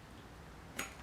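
A plastic push-fit water connector on a new kitchen tap's supply hose is pushed onto the tap's supply fitting until it latches. A single sharp click sounds at 0.8 s over a quiet background hiss, showing the connector has seated.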